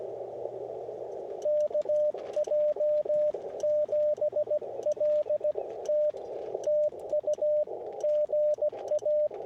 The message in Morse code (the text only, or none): KJ7LT TU GA